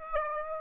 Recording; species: mosquito wingbeat signal from an infrared sensor; Aedes aegypti